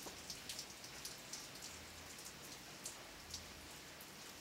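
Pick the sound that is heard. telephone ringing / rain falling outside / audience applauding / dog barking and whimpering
rain falling outside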